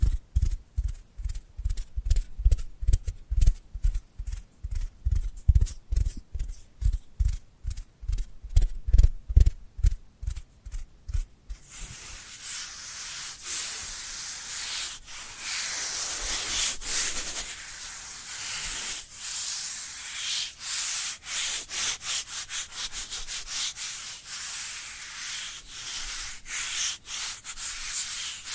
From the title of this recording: Dry Dry Dry Hand Sounds